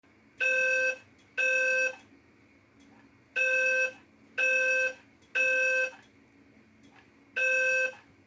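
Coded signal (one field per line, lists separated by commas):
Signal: alarm pattern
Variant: Temporal-3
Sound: harsh buzzing horn beeps in groups of three with pauses between groups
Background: room hum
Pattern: temporal three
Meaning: Evacuate the building (fire alarm)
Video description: Female voice evac with Temporal 3 that I actually custom made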